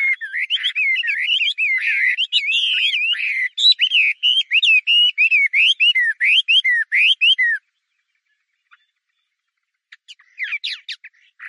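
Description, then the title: Chinese hwamei singing a lively run of varied, looping whistled phrases for about seven seconds, then a pause and a few faint notes near the end. "画眉鸟的叫声"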